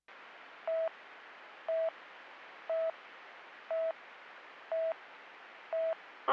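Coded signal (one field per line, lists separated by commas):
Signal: none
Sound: radio channel beeps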